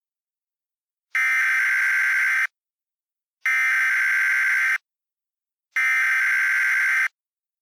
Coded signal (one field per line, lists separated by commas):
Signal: Emergency Alert System (SAME) tones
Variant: header bursts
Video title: EAS Mock 27: Leftovers